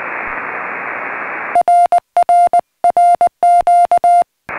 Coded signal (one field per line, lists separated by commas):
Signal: Morse code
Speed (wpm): 19 wpm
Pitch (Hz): 700 Hz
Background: radio noise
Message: RRRQ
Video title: CW Paddle Kit Prototypes Coming Soon